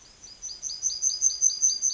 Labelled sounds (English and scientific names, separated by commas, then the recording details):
Yellowhammer (Emberiza citrinella) song
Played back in forest
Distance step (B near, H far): D
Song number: 056